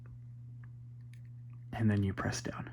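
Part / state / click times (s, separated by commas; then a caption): micro SD card into robot board card slot / not seated / none. A micro SD card is slid into the card slot on a robot's board and lined up, making only faint, light contact taps before someone talks. Nothing has seated or clicked yet.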